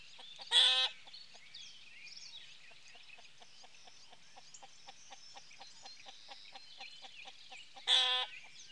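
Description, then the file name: Chicken cackle: two loud harsh squawks about seven seconds apart, separated by steady soft clucks repeating several times a second. Hens cackling. "priroda ptici kudahtane kurici"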